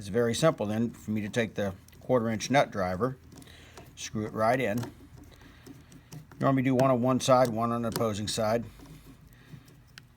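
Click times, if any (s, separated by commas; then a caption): 10.0 s. A replacement air valve assembly is fitted into the body of an air diaphragm pump while its screws are driven with a 1/4 inch nut driver, one on one side and one on the opposing side. Someone talks through most of the clip, with a few soft taps between 5.3 and 6.1 seconds. The assembly seats with a sharp snap at 10.0 s.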